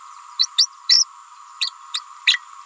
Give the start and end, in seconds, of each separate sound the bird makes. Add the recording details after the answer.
0.39-0.48, 0.58-0.67, 0.89-1.04, 1.60-1.71, 1.93-2.00, 2.26-2.37. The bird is a female. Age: 29 days. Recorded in a nest box in Venezuela. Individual 17B31A3